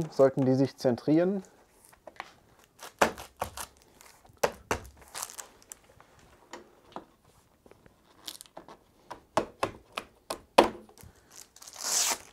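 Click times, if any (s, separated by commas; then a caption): 3.0 s, 4.4 s, 4.7 s, 9.4 s, 10.6 s. Someone talks briefly at the start, then the exterior plastic A-pillar trim on a Mini Cooper R50 (R52, R53) is pressed onto the car body during a windshield replacement. Short, sharp snaps are heard at 3.0, 4.4, 4.7, 9.4 and 10.6 seconds as its clips engage. The trim ends up seated with all clips engaged.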